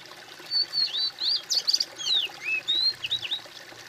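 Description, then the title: Bird singing a busy phrase of bright whistled notes, sliding up and down, with quick chattering clusters in the middle and a soft hiss behind. "kOMPILASI suara bird"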